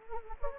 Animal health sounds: mosquito wingbeat signal from an infrared sensor; Anopheles gambiae

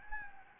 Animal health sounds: mosquito wingbeat signal from an infrared sensor; Anopheles gambiae

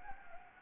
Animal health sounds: mosquito wingbeat signal from an infrared sensor; Anopheles gambiae

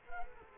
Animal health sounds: mosquito wingbeat signal from an infrared sensor; Culex quinquefasciatus

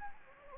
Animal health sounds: mosquito wingbeat signal from an infrared sensor; Anopheles gambiae

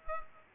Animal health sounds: mosquito wingbeat signal from an infrared sensor; Culex pipiens

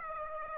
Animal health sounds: mosquito wingbeat signal from an infrared sensor; Aedes aegypti

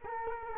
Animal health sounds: mosquito wingbeat signal from an infrared sensor; Culex quinquefasciatus

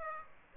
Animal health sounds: mosquito wingbeat signal from an infrared sensor; Aedes aegypti

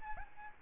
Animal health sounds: mosquito wingbeat signal from an infrared sensor; Aedes albopictus

